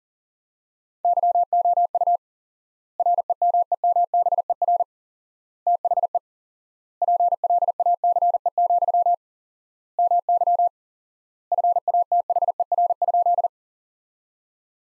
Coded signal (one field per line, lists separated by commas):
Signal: Morse code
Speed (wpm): 37 wpm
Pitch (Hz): 700 Hz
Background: none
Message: YOU REMEMBER THE PLACE, MY FATHER?